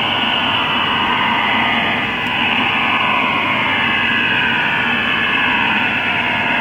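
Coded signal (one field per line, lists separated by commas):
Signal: HF data modem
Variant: STANAG 4285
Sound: steady, dense, hissing warble filling the band without breaks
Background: radio static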